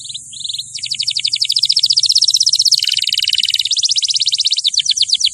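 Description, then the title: Canary song: fast, even trills of rapid high notes that shift from one repeated phrase to the next, some bursts lower and rolling, with a faint low hum beneath. Champion canary song used as a master recording for training other birds to sing. "Masteran Kenari Juara"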